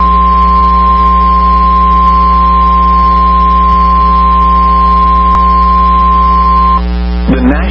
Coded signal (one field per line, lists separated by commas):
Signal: Emergency Alert System (SAME) tones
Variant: 1050 Hz attention tone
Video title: Severe Thunderstorm Warning (EAS #449)